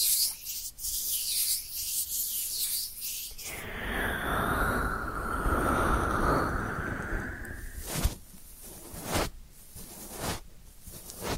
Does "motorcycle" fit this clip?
no